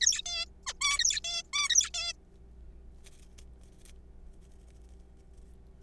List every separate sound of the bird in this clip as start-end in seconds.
0.01-0.22, 0.26-0.45, 0.67-0.73, 0.81-1.20, 1.24-1.42, 1.53-1.90, 1.94-2.13